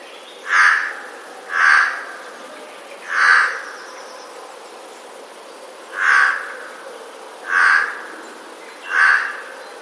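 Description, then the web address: Eurasian jay giving harsh, rasping screeches, six loud calls spaced about one to three seconds apart, over a quiet background. Recorded on 20 March 2022; calls described as warning or alarm calls. "wroblowe ostrzegator sojka"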